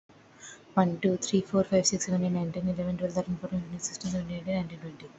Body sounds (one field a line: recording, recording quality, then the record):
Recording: counting at a fast pace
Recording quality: poor, much background noise or distortion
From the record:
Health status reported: exposed to COVID-19, no respiratory illness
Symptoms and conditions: none ticked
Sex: female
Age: 24 years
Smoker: not ticked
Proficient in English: yes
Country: India